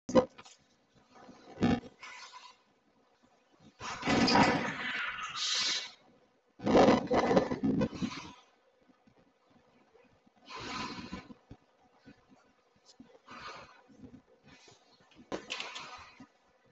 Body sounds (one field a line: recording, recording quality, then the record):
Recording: shallow breathing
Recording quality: poor, much background noise or distortion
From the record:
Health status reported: recovered from COVID-19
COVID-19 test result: positive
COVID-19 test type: rapid antigen test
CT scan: not taken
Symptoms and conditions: cough, cold, sore throat, fever, muscle pain, diarrhoea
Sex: female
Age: 43 years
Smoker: no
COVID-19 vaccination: both doses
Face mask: worn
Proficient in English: yes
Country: India